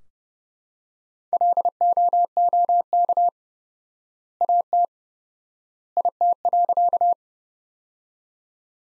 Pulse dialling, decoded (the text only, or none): none